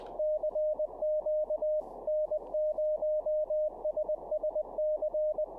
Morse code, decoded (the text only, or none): CQ N0SSC